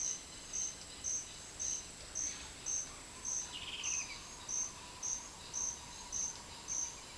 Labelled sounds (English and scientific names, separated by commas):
Green Ibis (Mesembrinibis cayennensis), unidentified bird